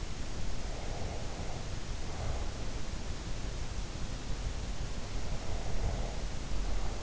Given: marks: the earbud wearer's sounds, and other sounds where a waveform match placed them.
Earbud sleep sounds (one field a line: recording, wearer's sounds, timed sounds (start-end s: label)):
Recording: sounds in sleep by an in-ear microphone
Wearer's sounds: breath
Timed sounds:
0.77-2.90 s: breath
5.29-7.03 s: breath